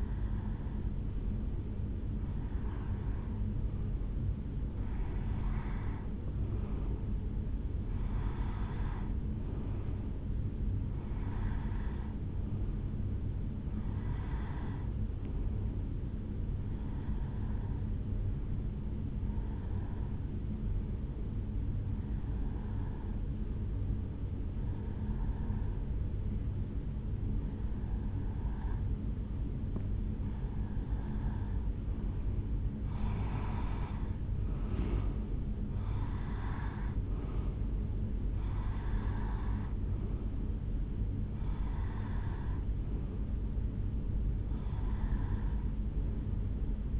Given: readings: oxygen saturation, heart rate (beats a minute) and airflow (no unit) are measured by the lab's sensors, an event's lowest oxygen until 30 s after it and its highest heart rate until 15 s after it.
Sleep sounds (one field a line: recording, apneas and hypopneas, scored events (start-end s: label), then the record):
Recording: breathing in sleep by a smartphone at the bedside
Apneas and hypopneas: none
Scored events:
none scored
From the record:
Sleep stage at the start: N1 (lightest sleep)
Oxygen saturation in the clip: 89 to 92%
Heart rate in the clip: 70 to 74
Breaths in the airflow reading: 16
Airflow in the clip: -4.6 to 3.2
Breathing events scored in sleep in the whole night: 449 in 7.0 hours asleep